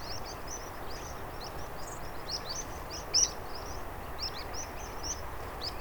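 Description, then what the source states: Pipit flight calls, many thin high whistled notes scattered throughout, with a steady low rumble beneath. Evening reedbed roost of 100 to 150 meadow and water pipits since September, Marais des Bouligons marsh, 12 November 2020, calling until nightfall; recorded with portable recorder and omni microphone.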